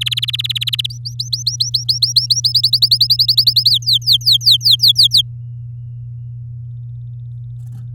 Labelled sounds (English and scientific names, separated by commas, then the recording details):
Domestic Canary (Serinus canaria) song
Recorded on 8 May 2018 at 10:33
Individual llb16